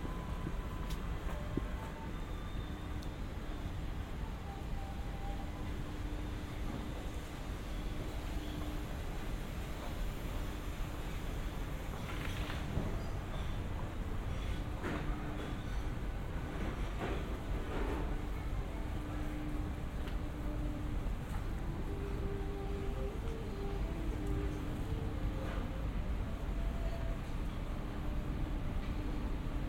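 Street ambience in Yokohama's Chinatown, Japan: a steady, dense low rumble of traffic with a constant hum, occasional clacks, and brief tones near the end.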